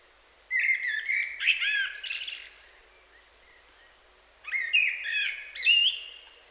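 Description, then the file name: Common blackbird giving two warbled song phrases, mellow notes climbing into squeaky high twitters, separated by a short silence. "Turdus merula"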